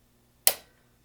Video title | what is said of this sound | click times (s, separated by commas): How To Remove and Install The Height Lever On Your Steelcase Leap Chair | want to insert the lever into the bottom brackets first and pull straight up until it snaps into place | 0.5 s